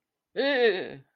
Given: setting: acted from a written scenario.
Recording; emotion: vocal sound without words; fear